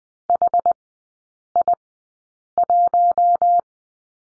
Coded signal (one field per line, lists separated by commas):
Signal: Morse code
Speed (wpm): 20 wpm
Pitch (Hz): 700 Hz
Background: none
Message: HI1